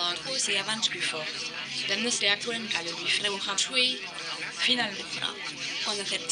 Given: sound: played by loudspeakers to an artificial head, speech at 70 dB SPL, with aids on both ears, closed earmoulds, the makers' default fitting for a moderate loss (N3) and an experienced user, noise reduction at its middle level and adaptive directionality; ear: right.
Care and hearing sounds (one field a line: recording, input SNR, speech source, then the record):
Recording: speech test signal (ISTS) in cocktail-party noise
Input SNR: +3 dB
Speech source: in front (0 degrees)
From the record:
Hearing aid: class 2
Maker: A